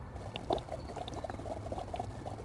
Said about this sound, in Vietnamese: Một âm thanh lạ vang lên trong màn đêm u tối. Nó không ở đâu xa, mà chính là bãi khai thác. Trong một vùng nước đọng, bỗng dưng sủi lên những bọt tăm liên hồi. Cảm tưởng như những đốm bọt ấy đang kết lại với nhau, tạo ra một vùng sủi lớn.